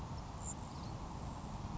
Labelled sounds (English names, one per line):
Grasshopper Sparrow